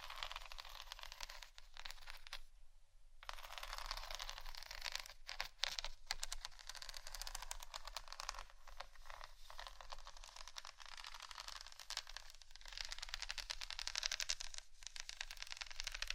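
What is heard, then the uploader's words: Dense, raspy scratching runs almost continuously, bright and hissy with little low end. It breaks off for a near-silent gap around the third second, then continues with short pauses and quick stop-start flicks, while a faint low hum sits underneath throughout. ASMR scratching For Sleep & Study（No Talking）.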